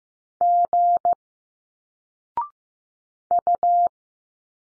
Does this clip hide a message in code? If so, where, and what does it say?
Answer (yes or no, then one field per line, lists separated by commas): yes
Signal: Morse code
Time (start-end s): 0.4-3.9 s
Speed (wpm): 15 wpm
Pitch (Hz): 700 Hz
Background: none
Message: G U